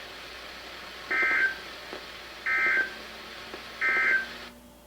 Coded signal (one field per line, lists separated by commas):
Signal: Emergency Alert System (SAME) tones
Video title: EAS #1411-#1424: LOTS of Flooding | KHB36, WXM42, & WNG736